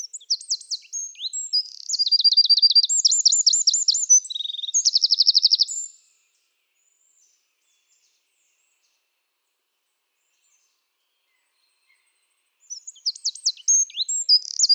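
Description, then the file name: Eurasian wren song: a burst of loud, high notes and rapid rattling trills, a long silence, then the next vigorous phrase starting. "Troglodyte"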